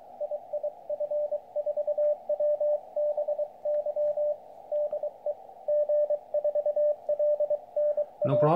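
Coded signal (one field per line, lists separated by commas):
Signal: Morse code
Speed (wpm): 23 wpm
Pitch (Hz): 590 Hz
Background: radio noise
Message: II F4WBY DE G4LNA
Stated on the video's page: CW contacts on 40m using an 8010P end-fed antenna installed on a roof.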